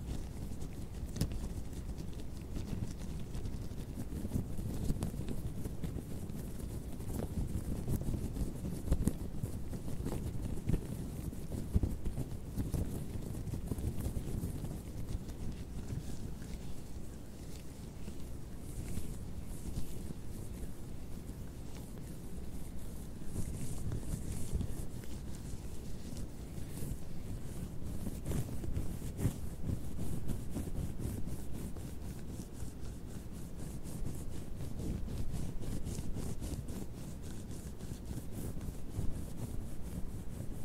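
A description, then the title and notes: Latex gloves rub and scratch in a steady, dense run of squeaky, crackling friction that never stops for the full length. The sound is mostly low and muffled, with quick scraping strokes and a thin hiss above. ASMR LATEX GLOVES SOUNDS AND HAND MOVEMENTS - NO TALKING - GLOVES SCRATCHING, RUBBER GLOVE.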